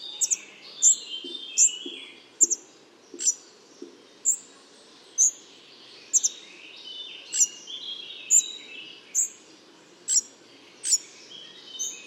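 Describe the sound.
Spotted flycatcher calls: thin, high, sharp tsee and tick notes repeated irregularly about once a second, with soft lower chirps and faint background hiss.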